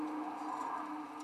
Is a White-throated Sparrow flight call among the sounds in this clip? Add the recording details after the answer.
no. No flight call is heard. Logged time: 00:20 on 13 December 2014